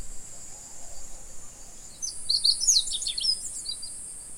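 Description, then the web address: Bird twittering: a short burst of high, thin, rapid chirps over a steady high-pitched drone. "yacho koe"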